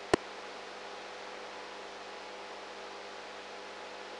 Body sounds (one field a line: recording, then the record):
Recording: brain microelectrode recording played as sound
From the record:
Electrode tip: outside the subthalamic nucleus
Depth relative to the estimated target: -6 mm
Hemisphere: right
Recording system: NeuroSet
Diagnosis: Parkinson's disease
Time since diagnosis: 19 years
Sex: female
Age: 58 years